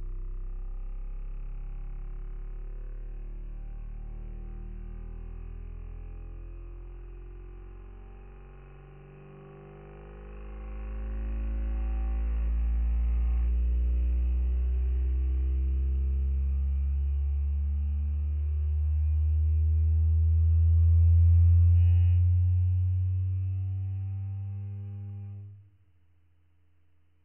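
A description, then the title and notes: A shaker table drives heavy vibration through a test article as a deep, droning rumble with nothing bright above it. The sound swells from about ten seconds, builds to its loudest near twenty-one seconds, then stops abruptly at about twenty-five seconds. ESA ESTEC Test Centre Sounds: IXV on Shaker. Severe vibration experienced during take-off, simulated by ESA ESTEC Test Centre's shaker tables.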